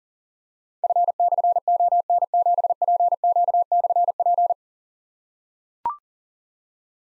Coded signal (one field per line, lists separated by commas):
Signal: Morse code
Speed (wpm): 40 wpm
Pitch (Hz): 700 Hz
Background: none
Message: F/ON7PQ/P